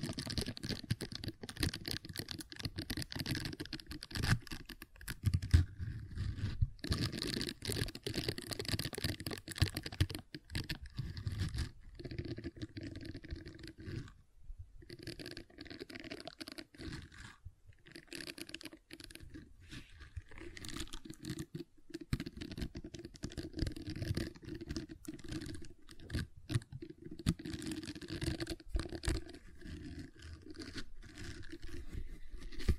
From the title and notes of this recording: ASMR Gentle Silicon Sounds for Sleep (No Talking).